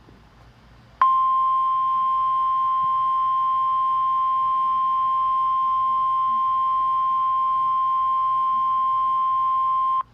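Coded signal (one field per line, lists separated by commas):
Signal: Emergency Alert System (SAME) tones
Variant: 1050 Hz attention tone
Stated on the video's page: Real Severe Thunderstorm Warning SAME alert from NOAA weather radio station out of Greenville, South Carolina.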